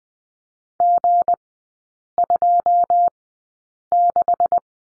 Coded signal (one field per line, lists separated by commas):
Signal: Morse code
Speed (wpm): 20 wpm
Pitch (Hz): 700 Hz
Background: none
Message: G26